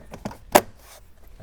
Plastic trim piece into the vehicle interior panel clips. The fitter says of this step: going this piece in that snaps right in